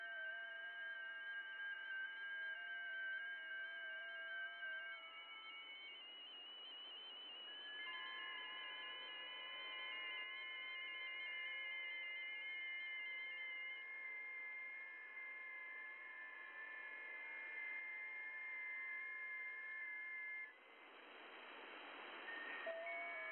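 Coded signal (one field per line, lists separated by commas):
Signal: FT8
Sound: several steady overlapping warbling tones over hiss, one audibly stepping in pitch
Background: radio static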